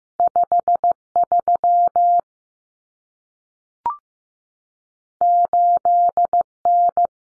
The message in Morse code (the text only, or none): 53 8N